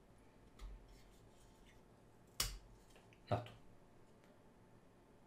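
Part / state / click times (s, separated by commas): prototyping shield onto microcontroller board headers / seated / 2.4 s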